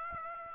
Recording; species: mosquito wingbeat signal from an infrared sensor; Aedes aegypti